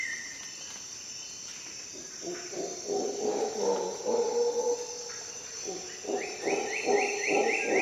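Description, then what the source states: Howler monkey roars start after a quiet opening and build into throaty bursts, overlaid by rising bird whistles and a constant shrill insect hum. Howler monkey calling at dawn in the Costa Rica jungle, during an expedition.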